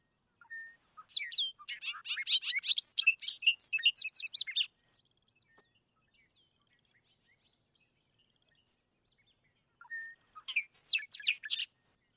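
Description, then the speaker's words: Bobolink song: a rapid, bubbly jumble of tinkling, metallic notes lasting about four seconds, a pause, then another burst begins. Played-back song, described as chatty, bubbly and happy, carrying a long way over open fields. "And Tyler's got the bobolink song."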